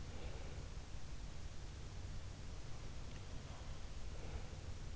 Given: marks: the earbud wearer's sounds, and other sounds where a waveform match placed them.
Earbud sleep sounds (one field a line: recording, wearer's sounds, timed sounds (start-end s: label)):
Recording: sounds in sleep by an in-ear microphone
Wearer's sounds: breath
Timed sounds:
0.00-0.82 s: breath
3.89-4.78 s: breath